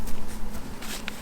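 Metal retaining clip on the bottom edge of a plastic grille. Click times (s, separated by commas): 1.1 s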